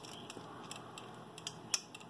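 A diecast lion from a Playmates Voltron Legendary Defender figure, forming the right arm, is pressed onto the combined robot figure. Several faint plastic ticks lead up to a sharp snap at 1.7 s. The right arm seats in place on the figure.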